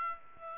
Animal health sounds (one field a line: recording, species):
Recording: mosquito wingbeat signal from an infrared sensor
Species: Aedes aegypti